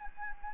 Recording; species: mosquito wingbeat signal from an infrared sensor; Anopheles gambiae